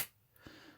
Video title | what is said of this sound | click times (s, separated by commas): How to build a cheap custom Computer. | There it clicked. It's in there. | 0.4 s